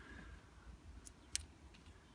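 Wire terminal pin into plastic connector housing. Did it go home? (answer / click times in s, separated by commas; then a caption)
yes / 1.4 s. The blue wire's terminal pin is pushed into the outer opening of a small plastic connector housing while an Active Sound system is being installed in a BMW. A faint tick at 1.1 s is followed by a sharp, loud click at 1.4 s as the pin locks firmly into place, with a few softer ticks afterward. The pin is seated.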